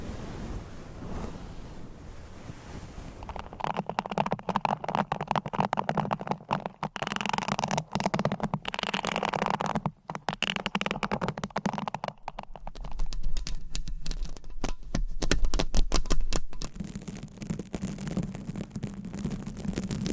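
Nails scratch across mic covers in rapid, dense strokes, starting after a quiet opening of about three seconds. The rasping is choppy and uneven, broken by brief cuts and shifts in tone as it moves between covers, with a low hum underneath.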